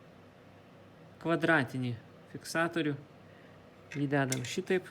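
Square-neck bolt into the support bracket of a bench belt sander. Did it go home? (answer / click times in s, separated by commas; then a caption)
no / none. A small carriage bolt with a square locking neck is being handled and fitted to the square hole of a metal support bracket while the stand of a Parkside PDOS 200 C2 bench belt sander is assembled. Someone talks in three short bursts over a quiet, steady background. Nothing has seated or clicked yet.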